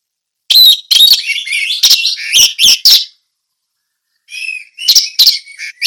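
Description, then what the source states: Orange-headed thrush singing a quick, varied run of sweet whistled and harsher notes, a short silence, then another busy phrase. Indonesian local name anis merah; song style called ngeplong teler.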